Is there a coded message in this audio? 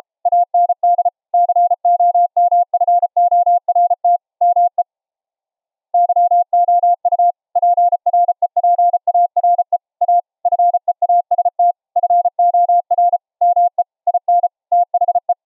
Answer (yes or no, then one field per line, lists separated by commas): yes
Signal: Morse code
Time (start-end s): 0.3-15.3 s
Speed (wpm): 34 wpm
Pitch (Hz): 700 Hz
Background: none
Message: AND COMFORT ME YOU PREPARE A FEAST FOR ME IN THE